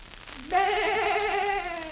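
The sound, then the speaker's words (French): A human voice mimics a bleating sheep or goat with one sustained, wavering nasal cry lasting over a second, loud and alone, with a quavering vibrato. “Quelle bête là? Suis-je chèvre? Me parles-tu?”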